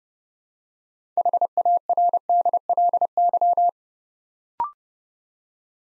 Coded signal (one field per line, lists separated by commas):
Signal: Morse code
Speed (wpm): 28 wpm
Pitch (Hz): 700 Hz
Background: none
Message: HARDLY